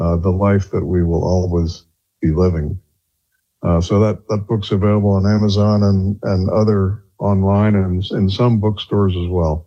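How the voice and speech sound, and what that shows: A low-pitched adult male voice speaks in clear, fluent phrases, with a couple of brief pauses between sentences. Voicing is steady and smooth, with no hoarseness, slurring or repetitions. This is ordinary conversational speech in a quiet room.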